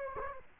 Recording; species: mosquito wingbeat signal from an infrared sensor; Culex quinquefasciatus